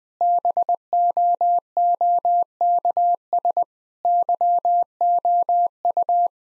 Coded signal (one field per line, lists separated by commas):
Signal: Morse code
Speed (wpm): 20 wpm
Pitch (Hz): 700 Hz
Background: none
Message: BOOKS YOU